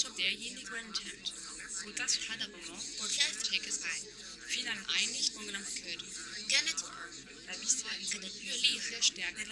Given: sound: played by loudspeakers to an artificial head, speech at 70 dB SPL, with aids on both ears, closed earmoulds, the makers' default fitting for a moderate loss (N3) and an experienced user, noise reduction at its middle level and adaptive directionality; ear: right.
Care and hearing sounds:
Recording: speech test signal (ISTS) in cocktail-party noise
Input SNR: -3 dB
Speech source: on the right (90 degrees)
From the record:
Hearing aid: class 1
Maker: H

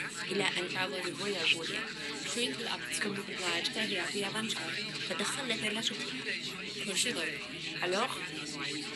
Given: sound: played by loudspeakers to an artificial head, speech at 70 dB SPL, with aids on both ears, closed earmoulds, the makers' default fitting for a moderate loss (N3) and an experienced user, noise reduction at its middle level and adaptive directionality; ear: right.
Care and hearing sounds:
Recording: speech test signal (ISTS) in cocktail-party noise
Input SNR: -3 dB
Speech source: in front (0 degrees)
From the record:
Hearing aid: class 1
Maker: E

